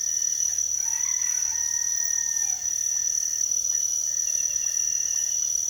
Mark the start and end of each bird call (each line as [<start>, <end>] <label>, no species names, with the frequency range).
[0.86, 2.63] bird call (0.5-2.3 kHz)